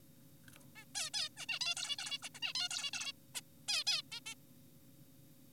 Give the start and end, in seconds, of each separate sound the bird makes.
0.76-0.85, 0.95-1.10, 1.14-1.29, 1.37-1.46, 1.49-1.59, 1.61-1.75, 1.77-1.96, 1.98-2.18, 2.23-2.29, 2.35-2.39, 2.42-2.53, 2.55-2.69, 2.71-2.91, 2.93-3.12, 3.35-3.41, 3.68-3.84, 3.87-4.02, 4.12-4.20, 4.26-4.35